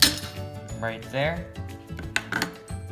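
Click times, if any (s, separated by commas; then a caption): 2.2 s. A hand riveter is squeezed and released repeatedly on a blind (pop) rivet in a workpiece while someone talks. At 2.2 seconds the steel mandrel snaps off with a sharp crack, and the rivet is set.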